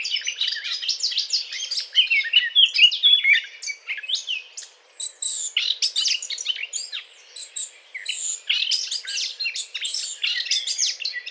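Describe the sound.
Eurasian blackcap courtship song: loud, continuous, hurried warbling full of high chattering and squeaky notes, with one short pause midway.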